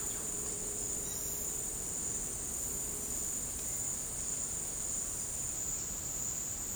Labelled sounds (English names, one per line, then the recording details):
none
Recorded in dense forest near Puerto Asís, Putumayo, Colombia, on 20 February 2024 at 16:00
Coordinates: 0.503, -76.322
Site G6418